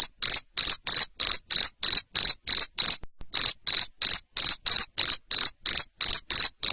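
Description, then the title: Cricket chirping in a fast, even series of shrill pulsed notes, around three each second, pausing once midway. Loud cricket chirping played to make lovebirds sing continuously. "Suara JANGKRIK NGERIK Keras Bikin LOVEBIRD Jadi NGEKEK Terus Vubey"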